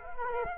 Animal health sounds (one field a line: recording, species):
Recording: mosquito wingbeat signal from an infrared sensor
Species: Culex quinquefasciatus